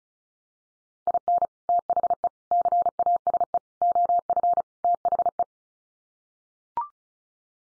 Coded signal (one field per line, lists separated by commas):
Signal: Morse code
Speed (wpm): 34 wpm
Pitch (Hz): 700 Hz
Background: none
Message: IN THE CASE OF THE